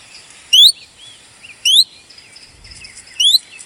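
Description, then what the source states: Common chiffchaff calls: three clear, high upslurred whistles, one roughly every one to one and a half seconds, over quiet background. Call played from an app.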